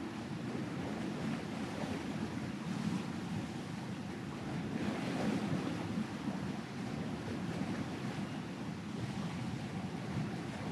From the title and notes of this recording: High Quality Stereo Ocean Sounds Of Rolling Waves.